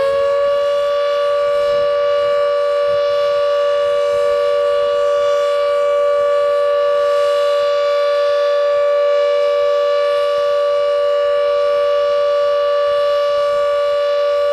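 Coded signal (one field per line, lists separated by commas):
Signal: siren signal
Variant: Carter 1H siren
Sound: a steady, unwavering siren wail held at one pitch for the whole clip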